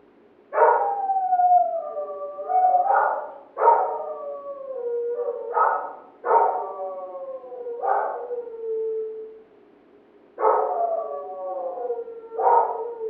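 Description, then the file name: Dog repeatedly barking, each sharp onset drawn out into a descending moaning howl, several bouts in quick succession, with a brief pause near the end. Neighbours' dog barking. "Digiffects Sound Effects Library - Neighbours Dog Barking"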